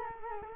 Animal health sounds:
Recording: mosquito wingbeat signal from an infrared sensor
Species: Culex quinquefasciatus

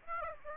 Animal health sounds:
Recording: mosquito wingbeat signal from an infrared sensor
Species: Aedes aegypti

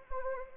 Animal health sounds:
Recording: mosquito wingbeat signal from an infrared sensor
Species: Anopheles arabiensis

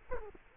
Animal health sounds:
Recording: mosquito wingbeat signal from an infrared sensor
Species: Culex quinquefasciatus

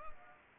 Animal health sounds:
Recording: mosquito wingbeat signal from an infrared sensor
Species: Anopheles arabiensis

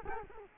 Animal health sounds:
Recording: mosquito wingbeat signal from an infrared sensor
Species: Culex quinquefasciatus

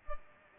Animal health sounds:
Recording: mosquito wingbeat signal from an infrared sensor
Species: Culex pipiens

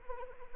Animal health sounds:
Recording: mosquito wingbeat signal from an infrared sensor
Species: Anopheles arabiensis

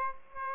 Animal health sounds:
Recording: mosquito wingbeat signal from an infrared sensor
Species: Aedes aegypti

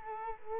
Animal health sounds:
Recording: mosquito wingbeat signal from an infrared sensor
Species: Culex quinquefasciatus

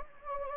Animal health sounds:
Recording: mosquito wingbeat signal from an infrared sensor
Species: Anopheles gambiae

